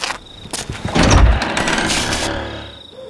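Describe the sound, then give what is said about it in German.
An old, unlocked door in the oldest part of Hurlstone Castle creaks open with a grinding, scraping rumble that swells after a few clicks, then a long drawn-out groan that fades away; no voices. “Die letzten 2 Schritte führen uns durch diese Tür. Kommen Sie! Die Tür ist nicht verschlossen.”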